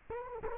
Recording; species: mosquito wingbeat signal from an infrared sensor; Culex quinquefasciatus